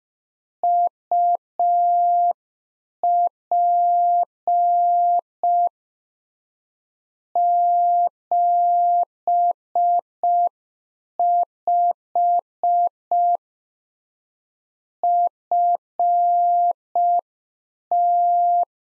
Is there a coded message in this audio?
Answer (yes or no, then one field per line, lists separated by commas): yes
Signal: Morse code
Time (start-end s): 0.6-18.6 s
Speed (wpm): 5 wpm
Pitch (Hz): 700 Hz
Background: none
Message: UP 75 FT